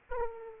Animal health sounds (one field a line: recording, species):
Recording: mosquito wingbeat signal from an infrared sensor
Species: Aedes aegypti